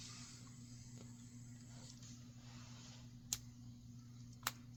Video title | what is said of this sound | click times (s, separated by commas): Bachmann On30 Shay - Overhaul Tutorial - pt 2 | squeeze it in just like that you heard it click hopefully give it a good 10-c squeeze | 3.3 s, 4.5 s